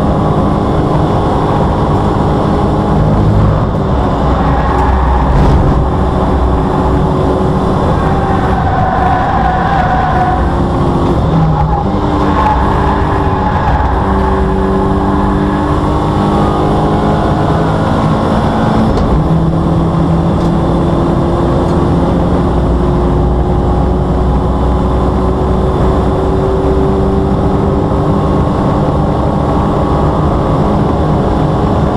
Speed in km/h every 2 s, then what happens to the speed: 148, 142, 140, 138, 130, 111, 105, 105, 113, 118, 126, 130, 135, 140, 145, 150.
0-12 brakes to 105. 12-32 speeds up to 150.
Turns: 10-16.